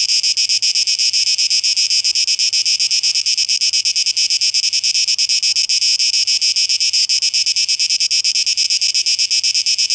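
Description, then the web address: Cicadas make an intense high hiss with fast, blurred pulsing that sounds almost continuous. Cicadas, 12 August 2023. "rauschpartikel 2023-08-12 Zikaden"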